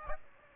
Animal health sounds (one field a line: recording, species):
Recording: mosquito wingbeat signal from an infrared sensor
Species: Aedes aegypti